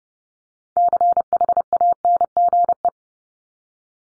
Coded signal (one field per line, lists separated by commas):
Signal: Morse code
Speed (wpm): 30 wpm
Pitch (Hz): 700 Hz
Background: none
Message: CHANGE